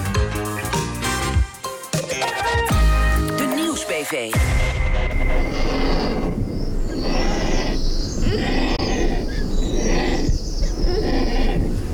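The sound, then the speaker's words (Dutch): Griffon vultures calling: a few seconds of sliding, squealing cries give way to a loud, continuous rasping hiss that pulses in rough, repeated bursts, with no talking. “Dit is onmiskenbaar het geluid van de vale gier.”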